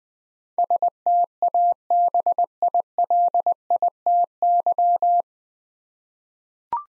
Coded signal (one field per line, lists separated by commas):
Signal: Morse code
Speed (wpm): 20 wpm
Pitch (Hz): 700 Hz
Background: none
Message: STABILITY